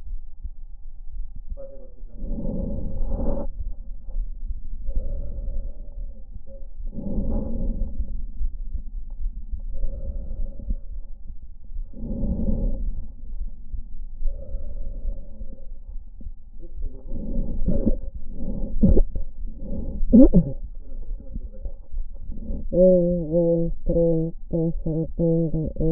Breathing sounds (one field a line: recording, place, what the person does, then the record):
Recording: lung sounds by stethoscope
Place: left anterior apical chest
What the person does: quiet breathing, then cough and speech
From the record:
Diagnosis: interstitial lung disease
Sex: female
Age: 72 years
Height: 158 cm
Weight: 69 kg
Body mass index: 27.6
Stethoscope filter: diaphragm mode